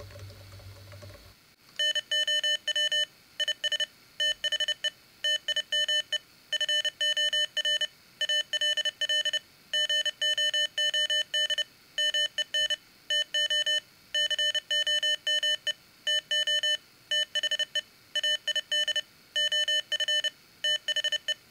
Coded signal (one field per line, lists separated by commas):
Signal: Morse code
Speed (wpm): 30 wpm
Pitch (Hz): 3000 Hz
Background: none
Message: NOW IS THE TIME FOR ALL GOOD MEN TO COME TO THE AID OF THE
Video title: Arduino Morse Generator